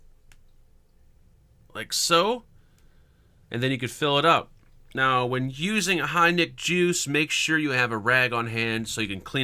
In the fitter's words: see the fill plug at the bottom take your nail popped a plug out like